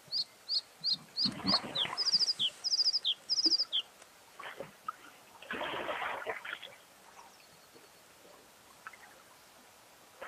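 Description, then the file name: Bluethroat song: a series of clear descending high notes followed by fast trilled phrases, then a burst of rushing noise and quieter background. "gorge bleue"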